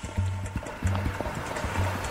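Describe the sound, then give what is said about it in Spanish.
A steady, hissing stream of urine splashes continuously in a shower, while a low, droning tone pulses underneath in a regular repeating pattern. “Haga pis en la ducha.”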